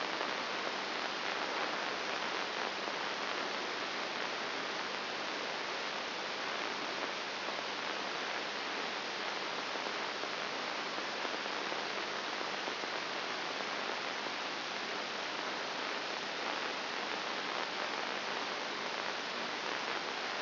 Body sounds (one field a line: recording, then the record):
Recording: brain microelectrode recording played as sound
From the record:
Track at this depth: inside the subthalamic nucleus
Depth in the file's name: 1.102 mm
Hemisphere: right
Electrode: 3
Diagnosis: Parkinson's disease